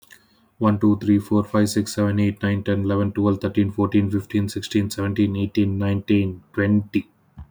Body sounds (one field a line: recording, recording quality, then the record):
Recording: counting at a fast pace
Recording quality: excellent, no background noise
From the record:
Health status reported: healthy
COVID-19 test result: negative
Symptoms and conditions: none ticked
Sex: male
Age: 34 years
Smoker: not ticked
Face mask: not worn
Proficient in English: yes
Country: India